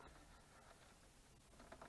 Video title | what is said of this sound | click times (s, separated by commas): 2002-05 Hyundai Sonata Key FOB Remote Programming | You're going to hear it snap. | 1.7 s, 1.8 s